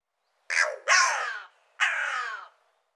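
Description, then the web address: Bird calls: three hoarse, harsh caw-like notes, the first short and the next two drawn out and falling away, with silence between. "cianscape birddata Deverinetal 2025"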